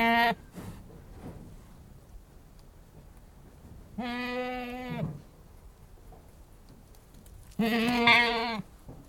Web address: Anglo Nubian Goat, exterior, bleating (some very loud calls)